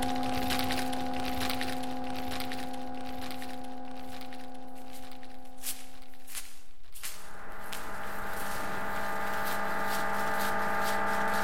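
A generative ambient piece of steady synthesized tones held as a chord, with a dense layer of crackling, rustling textures like paper, snow or salt scattered over it. Around seven seconds the chord shifts to a new set of pitches and the crackle brightens.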